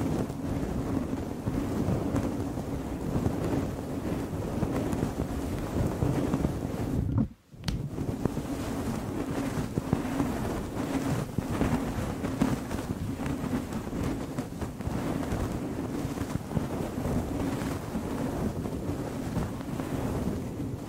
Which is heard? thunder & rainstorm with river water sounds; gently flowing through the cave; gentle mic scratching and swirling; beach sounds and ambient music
gentle mic scratching and swirling